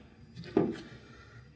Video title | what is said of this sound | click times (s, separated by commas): Red dragon | angle it down and they just push to snap it in battery | 0.4 s, 0.6 s